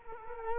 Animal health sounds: mosquito wingbeat signal from an infrared sensor; Culex quinquefasciatus

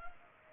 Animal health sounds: mosquito wingbeat signal from an infrared sensor; Culex pipiens

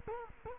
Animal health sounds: mosquito wingbeat signal from an infrared sensor; Culex quinquefasciatus

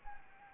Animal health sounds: mosquito wingbeat signal from an infrared sensor; Anopheles gambiae

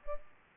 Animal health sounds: mosquito wingbeat signal from an infrared sensor; Culex pipiens

